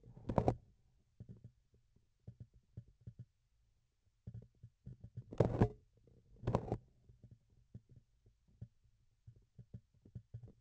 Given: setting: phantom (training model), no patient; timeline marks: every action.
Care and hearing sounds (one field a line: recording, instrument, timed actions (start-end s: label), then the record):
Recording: laparoscopic instrument, vibration sensor on the handle end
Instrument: grasping forceps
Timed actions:
0.00-0.76 s: forceps closing
4.80-5.85 s: forceps opening
5.92-7.00 s: forceps closing
From the record:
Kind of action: tool actuation without material contact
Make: other than Olympus